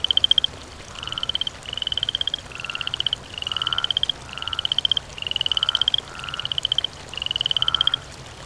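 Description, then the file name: Frog delivering a steady series of rattling, slightly rising croak trains. Croaking, by water. "voda kvak kuznechik"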